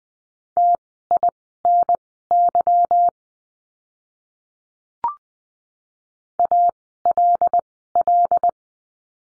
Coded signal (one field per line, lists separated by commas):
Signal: Morse code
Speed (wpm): 20 wpm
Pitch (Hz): 700 Hz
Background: none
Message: TINY ALL